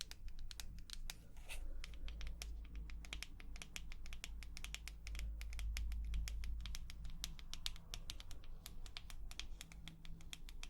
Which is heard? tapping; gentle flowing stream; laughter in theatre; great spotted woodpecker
tapping